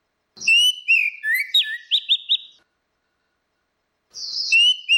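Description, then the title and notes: Orange-headed thrush song: a run of clear whistled notes and quick repeated slurs, then a pause of about a second and a half before a new whistled phrase begins. Continuous singing (ngeplong) recording made for training other birds (masteran). "Suara Burung Anis Merah Ngeplong. Masteran Anis Kembang"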